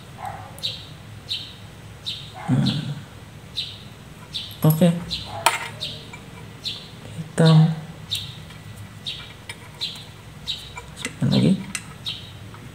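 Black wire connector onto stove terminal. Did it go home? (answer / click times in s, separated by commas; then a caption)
no / none. The black wire's spade connector is being handled near its terminal in the wiring of a Modena BE 1325 electric stove that is not heating or only heats briefly. Someone talks over repeated bird-like chirps and a few sharp ticks and knocks. Nothing has seated or clicked yet.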